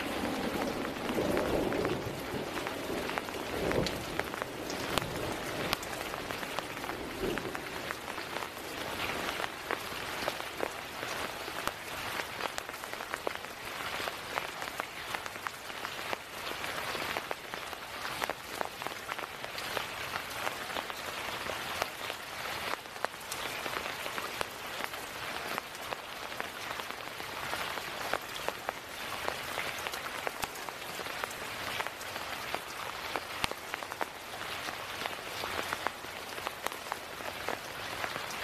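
Rain falls steadily on a tent, a dense patter of countless drops tapping the fabric with a bright, crisp edge. The sound stays even throughout, with brief heavier spatters here and there and a faint low murmur underneath in the first few seconds.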